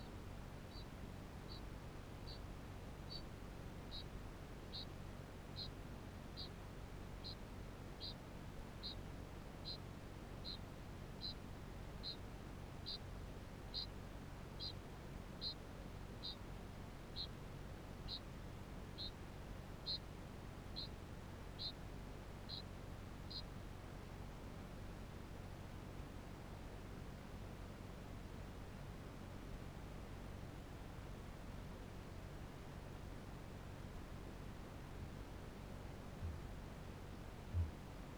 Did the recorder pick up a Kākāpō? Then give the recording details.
yes. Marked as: faintness 4/5, faintness 3/5. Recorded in New Zealand. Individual Barnard